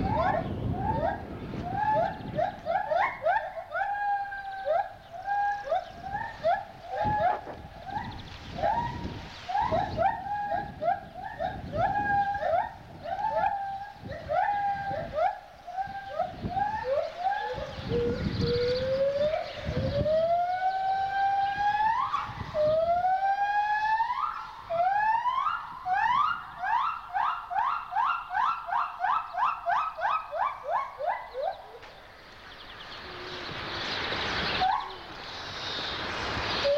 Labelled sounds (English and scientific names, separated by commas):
Silvery Javan Gibbon (Hylobates moloch)